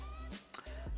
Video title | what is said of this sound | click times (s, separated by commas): The Best Mous Case Yet? Limitless for iPhone 17 Pro Max & iPhone Air | And that just clicks in perfectly. | 0.5 s